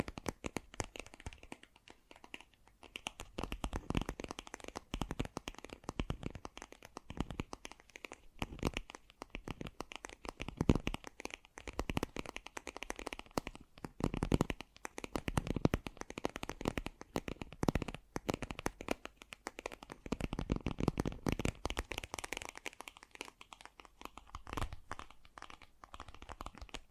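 Fast, gentle tapping runs through the whole recording as dense, rapid clicks with a crisp, papery edge, like fingertips drumming or cards riffling. The rhythm swells into busier bursts around 4, 10, 14 and 21 seconds, then thins briefly between them.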